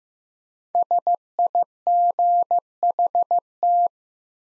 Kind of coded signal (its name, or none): Morse code